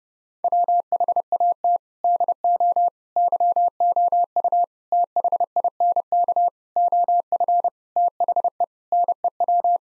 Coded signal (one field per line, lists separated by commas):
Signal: Morse code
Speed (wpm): 30 wpm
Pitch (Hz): 700 Hz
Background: none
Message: WHAT DO YOU THINK OF THE NEW